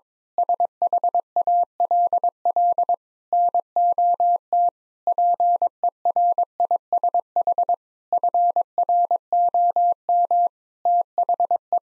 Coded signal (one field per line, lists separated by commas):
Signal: Morse code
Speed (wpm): 22 wpm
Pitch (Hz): 700 Hz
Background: none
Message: SHALL NOT PERISH FROM THE